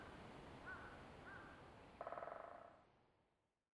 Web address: 1 shiryo koe akagera 110327 moiwa namba